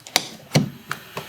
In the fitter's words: hear a click.